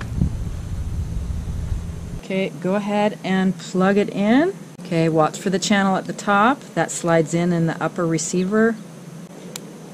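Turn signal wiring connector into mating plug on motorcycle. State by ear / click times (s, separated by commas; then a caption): seated / 9.6 s. Someone talks while the plastic wiring connector of a Yoshi turn-signal flasher is plugged into its mating plug on a 2020 Suzuki DR650 sidecar build, with the connector's top channel slid into the upper receiver. A low steady hum fills the first two seconds, then speech continues until a short sharp click at 9.6 s as the connector snaps in and seats.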